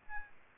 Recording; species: mosquito wingbeat signal from an infrared sensor; Aedes albopictus